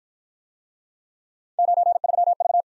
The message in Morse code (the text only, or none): 93V